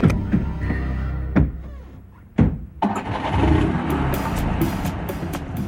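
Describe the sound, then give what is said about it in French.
A small Renault R5 car engine cranks with a couple of sharp bursts, then catches and settles into a steady, rough running rumble with a throbbing low hum. “C'était des R5, des tout petits véhicules, mais qui roulent, c'est l'essentiel.”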